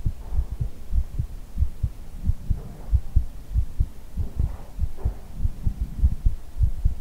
ASMR hugging your head - heartbeat with ear blowing.